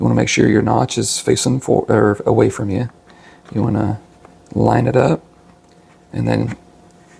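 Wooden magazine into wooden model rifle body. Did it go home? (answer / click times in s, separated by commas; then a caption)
no / none. Someone talks while lining up a wooden magazine with its notch facing forward at the magazine well of a wooden model AWM sniper rifle. Between the bursts of speech there are only quiet pauses, and nothing has seated or clicked yet as the clip ends.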